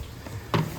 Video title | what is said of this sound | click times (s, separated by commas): Kraftek Pool Keeper K1 - Handheld Pool Vacuum Detailed Review | you'll just flip your handle back up until it clicks in | 0.5 s